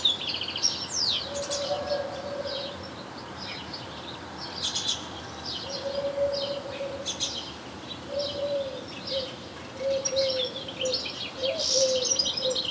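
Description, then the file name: European goldfinch calls, bursts of high sharp chirps and twitters, with low steady tones recurring behind them. "Carduelis carduelis"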